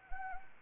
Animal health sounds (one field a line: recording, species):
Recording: mosquito wingbeat signal from an infrared sensor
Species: Anopheles arabiensis